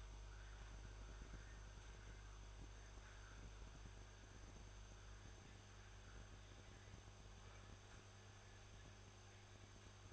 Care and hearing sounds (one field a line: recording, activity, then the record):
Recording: daily activity, microphone in the room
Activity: make coffee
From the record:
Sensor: 2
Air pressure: 1004.1 hPa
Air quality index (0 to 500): 191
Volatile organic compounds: 11 ppm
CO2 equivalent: 2290 ppm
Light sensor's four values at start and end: 4/11/4/4 and 4/11/4/4